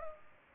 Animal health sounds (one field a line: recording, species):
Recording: mosquito wingbeat signal from an infrared sensor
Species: Culex pipiens